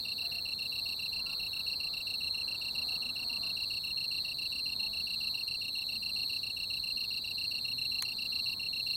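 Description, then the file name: Japanese tree cricket singing: a continuous fast pulsed trill at an even high pitch, steady throughout, with a constant tonal hum above and a brief click near the end. "kantan"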